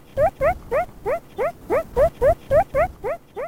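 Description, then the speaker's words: Meerkat begging calls: short rising squeaky notes repeated about three to four times per second in a steady series. Hungry five-week-old pup; begging calls change with the pup's age, letting older group members judge its age and experience from a distance. "So klingt der Begging Call oder Bettelruf eines fünf Wochen alten hungrigen Erdmännchens."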